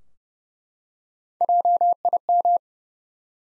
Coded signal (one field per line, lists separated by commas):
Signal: Morse code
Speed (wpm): 30 wpm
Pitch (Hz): 700 Hz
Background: none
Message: JIM